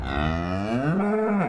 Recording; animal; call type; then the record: contact call of a hoofed animal; cattle; low-frequency (closed-mouth) or high-frequency (open-mouth) call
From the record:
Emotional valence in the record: negative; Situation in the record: full separation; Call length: 1.48 s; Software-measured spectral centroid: 1270 Hz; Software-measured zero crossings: 1170 a second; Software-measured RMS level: -24 dBFS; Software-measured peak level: -11 dBFS